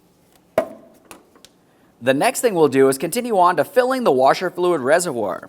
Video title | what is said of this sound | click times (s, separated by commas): How to Replace Windshield Washer Reservoir 2010-2013 Kia Forte Koup | press it in, listen for a click, give it a little tug, make sure it's properly secured in place. | 0.6 s